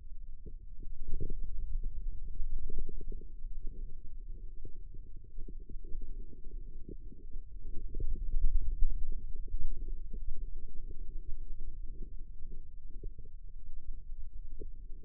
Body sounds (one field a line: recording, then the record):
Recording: forearm muscle sounds (acoustic myography)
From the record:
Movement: ulnar deviation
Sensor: system 2, bracelet of six BSWA MPA416 microphones around the upper forearm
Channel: 5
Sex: male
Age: 22 years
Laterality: right